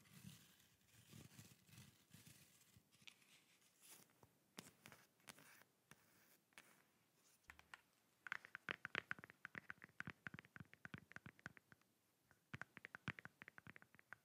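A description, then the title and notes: ASMR tapping, starting with slower, softer taps spread out over the first few seconds alongside a faint low murmur. From about eight seconds the tapping turns fast and dense, with bright, crisp clicks in quick bursts, a short pause near twelve seconds, then another rapid flurry. ASMR tapping fast and slow (No Talking).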